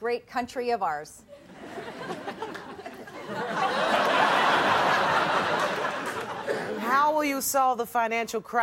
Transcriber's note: soundbite of laughter